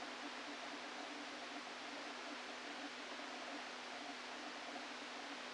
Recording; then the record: brain microelectrode recording played as sound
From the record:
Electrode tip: outside the subthalamic nucleus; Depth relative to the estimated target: 2 mm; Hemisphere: left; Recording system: NeuroSet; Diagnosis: Parkinson's disease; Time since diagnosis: 13 years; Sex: male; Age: 49 years